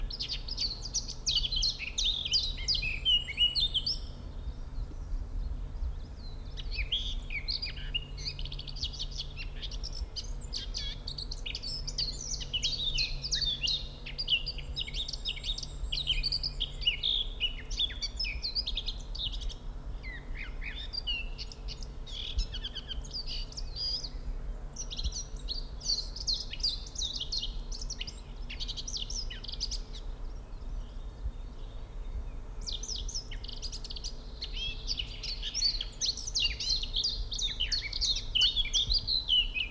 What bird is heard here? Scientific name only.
Sylvia atricapilla